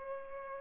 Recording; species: mosquito wingbeat signal from an infrared sensor; Culex pipiens